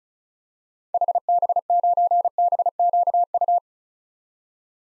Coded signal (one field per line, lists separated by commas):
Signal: Morse code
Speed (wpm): 36 wpm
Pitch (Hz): 700 Hz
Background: none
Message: HB9BQU